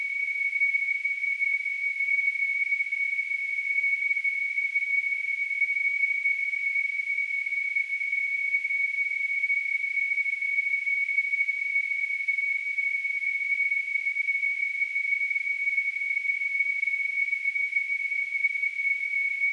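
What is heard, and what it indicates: A synthetic simulation of tinnitus: a steady, continuous high-pitched tone near 2 kHz over a faint band of hiss above it, unchanging in loudness throughout.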